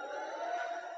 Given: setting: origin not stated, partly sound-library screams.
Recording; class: one-second piece from a danger detection set; woman in danger